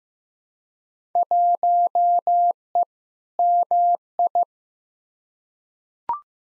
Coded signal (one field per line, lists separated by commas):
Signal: Morse code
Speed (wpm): 15 wpm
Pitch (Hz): 700 Hz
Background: none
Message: 1E MI